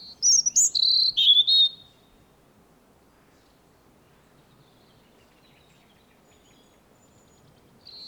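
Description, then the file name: European robin song: one quick phrase of high liquid notes at the start, followed by a long quiet stretch. "Erithacus rubecula 240922"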